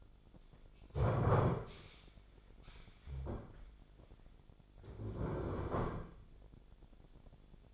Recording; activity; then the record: daily activity, microphone in the room; stand up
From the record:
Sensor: 5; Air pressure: 1008.1 hPa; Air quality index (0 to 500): 154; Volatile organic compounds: 3 ppm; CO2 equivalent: 1474 ppm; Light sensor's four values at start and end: 58/164/64/64 and 58/164/64/64